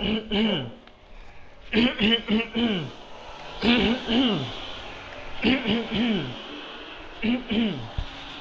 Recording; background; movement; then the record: throat clearing; traffic; walking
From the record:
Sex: male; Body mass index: 20.6 kg/m2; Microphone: on the chest, facing the body